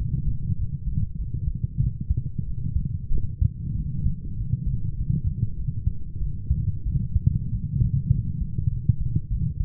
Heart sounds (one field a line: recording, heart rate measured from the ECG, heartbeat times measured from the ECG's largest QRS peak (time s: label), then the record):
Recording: heart sounds by stethoscope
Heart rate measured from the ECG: 96 bpm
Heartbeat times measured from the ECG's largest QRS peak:
0.57 s: heartbeat
1.17 s: heartbeat
1.79 s: heartbeat
2.45 s: heartbeat
3.11 s: heartbeat
3.75 s: heartbeat
4.36 s: heartbeat
4.96 s: heartbeat
5.56 s: heartbeat
6.19 s: heartbeat
6.85 s: heartbeat
7.50 s: heartbeat
8.11 s: heartbeat
8.70 s: heartbeat
9.29 s: heartbeat
From the record:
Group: healthy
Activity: light exercise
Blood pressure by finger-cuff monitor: 131/79 mmHg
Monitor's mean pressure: 95 mmHg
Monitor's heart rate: 97 bpm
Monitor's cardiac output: 7.6 L/min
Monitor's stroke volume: 80 mL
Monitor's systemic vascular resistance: 880 dyn s/cm5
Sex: female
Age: 22 years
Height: 160 cm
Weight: 63 kg